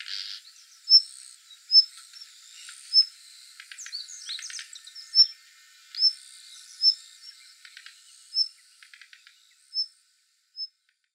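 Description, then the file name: Daurian redstart gives sharp, high whistled call notes at a steady pace of roughly one per second, with scattered ticking and chattering notes between them. Recorded at Kuroda, Hyogo, Japan, on 8 August 2016. "jobitakic hyogo kuroda"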